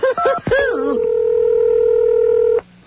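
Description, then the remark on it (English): A short burst of voice gives way to a steady, unbroken telephone dial tone, a loud mid-pitched hum that holds for about a second and a half and then cuts off abruptly. “Goober gave me a wonderful phone number that we should all call. Listen to this.”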